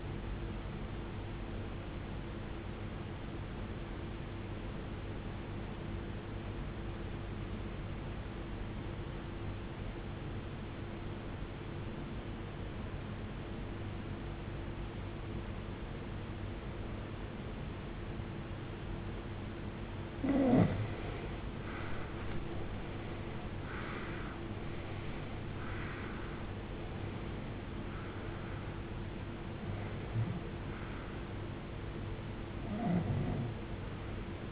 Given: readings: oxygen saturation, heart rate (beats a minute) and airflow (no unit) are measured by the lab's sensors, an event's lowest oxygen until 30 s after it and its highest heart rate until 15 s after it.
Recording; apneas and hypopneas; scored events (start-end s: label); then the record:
breathing in sleep by a voice recorder at the bedside; 1
3.00-22.70 s: obstructive apnea (REM, oxygen 95% highest, then 88% lowest, heart rate 73 at the start, 83 highest)
From the record:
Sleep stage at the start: REM sleep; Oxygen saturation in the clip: 82 to 95%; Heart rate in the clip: 50 to 83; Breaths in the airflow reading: 6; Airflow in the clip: -22.1 to 21.9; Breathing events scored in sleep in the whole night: 389 in 6.3 hours asleep